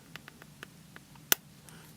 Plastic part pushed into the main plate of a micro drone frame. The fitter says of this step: when you hear that click you know that it's it's correctly seated so